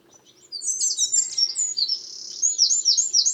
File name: Troglodytes troglodytes